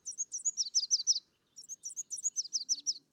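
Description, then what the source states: Red warbler song: two bursts of quick, high, chattering notes, each burst one to one and a half seconds long, separated by a short silence. Song of a clear morning; sings on sunny mornings in the February–May breeding season. Endemic to the highlands of Mexico, in humid pine, oak and fir forests; does not travel between states.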